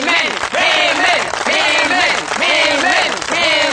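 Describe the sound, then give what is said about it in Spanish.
Loud, steady applause from the audience of the afternoon programme El Diario de Putricia on Antena 5, with voices cheering and calling out over the clapping throughout. “Pido un fuerte aplauso para”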